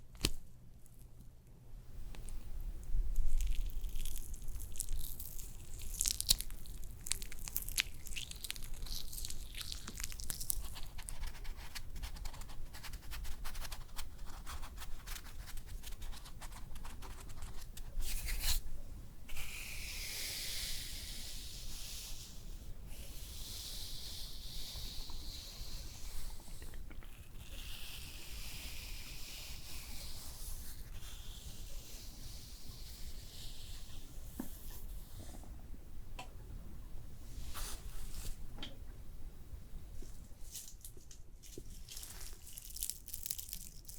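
A layered facial spa routine runs over a steady low hum, with soft brushing, patting and rubbing touches scattered throughout. From about 19 to 33 seconds, brighter hissing sweeps rise and fall, like spraying or swishing. Short clicks and taps punctuate the end.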